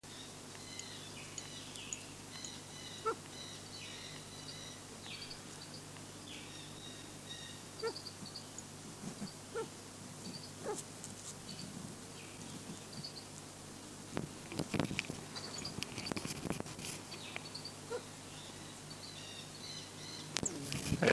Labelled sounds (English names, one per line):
Copper Pheasant call